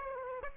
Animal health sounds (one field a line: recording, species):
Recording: mosquito wingbeat signal from an infrared sensor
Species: Aedes aegypti